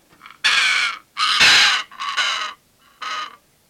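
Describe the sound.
Pesquet's parrot uttering four harsh, rasping screeches in quick succession. The second is loudest and the last is shorter.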